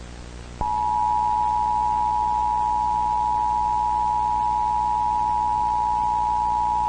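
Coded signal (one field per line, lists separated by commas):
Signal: Emergency Alert System (SAME) tones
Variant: 853 and 960 Hz attention tone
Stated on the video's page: Fictional EAS scenario warning broadcast made as a school project film.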